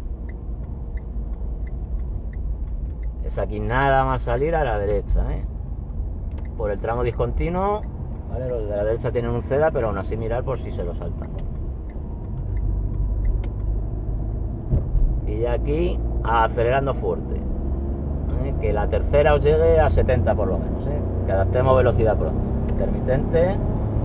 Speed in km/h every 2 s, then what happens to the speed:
28, 28, 27, 28, 29, 33, 36, 40, 44, 58, 70, 79.
0-7 steady at about 28. 7-24 speeds up to 79.